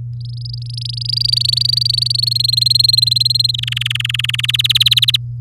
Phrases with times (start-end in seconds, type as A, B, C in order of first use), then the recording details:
0.20-2.38 A, 2.39-3.51 B, 3.54-4.51 C, 4.53-5.17 D. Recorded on 9 May 2018 at 10:13. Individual llb16